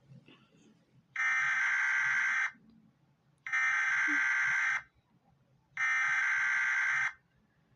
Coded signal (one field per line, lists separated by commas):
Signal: Emergency Alert System (SAME) tones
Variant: header bursts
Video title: Steve 'N' George EAS Scenario part 2